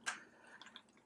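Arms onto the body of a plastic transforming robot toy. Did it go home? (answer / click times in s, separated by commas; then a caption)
yes / 0.1 s, 0.6 s, 0.8 s. The plastic arms of a transforming robot toy are unpegged and folded forward onto its body until they snap into place, with clicks at 0.1, 0.6 and 0.8 seconds. The arms end up seated on the body.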